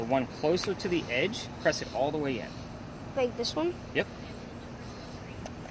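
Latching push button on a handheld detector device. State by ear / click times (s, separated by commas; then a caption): not seated / none. People talk while someone presses the small white latching power button on the back of a handheld ghost-hunting detector device, and a soft knock is heard around 5.5 s. The button has not latched or clicked into place, so the device does not stay on.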